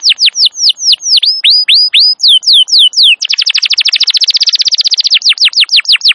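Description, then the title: Canary song opening with a series of sharp descending whistled notes, then switching to a rapid rolling trill, ending with more downslurred whistles; clean, no other sounds. Wild canary; long, continuous, energetic song used as a master recording to train or lure canaries. "Pikat Kenari GACOR PANJANG INI Cocok Untuk Masteran KENARI LIAR"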